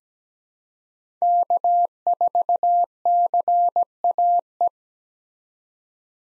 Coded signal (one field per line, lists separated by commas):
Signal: Morse code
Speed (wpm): 17 wpm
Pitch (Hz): 700 Hz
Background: none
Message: K4CAE